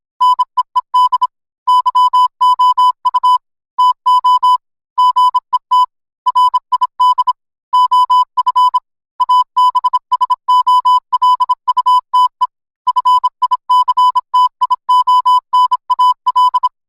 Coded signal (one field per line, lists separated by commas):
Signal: Morse code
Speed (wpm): 26 wpm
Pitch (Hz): 1000 Hz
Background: music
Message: NEED YOU TO GET RID OF ABSOLUTE FICTIONAL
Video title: EAS Interruption in N0T?????? [PART XVII]